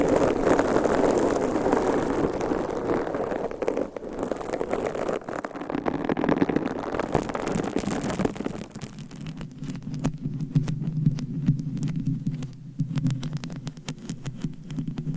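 Mic scratching with dense, rough rubbing that fills the first nine seconds in a thick, rushing texture. Around nine seconds the sound shifts to a steadier low hum with rapid, sharp scratchy clicks layered on top, continuing at an even loudness to the end.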